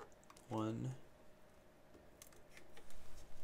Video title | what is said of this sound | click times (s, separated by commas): RepBox v2.5 Assembly Overview | bring this in here and then just gently till it clicks in place we're going to do that three times | 0.3 s, 0.4 s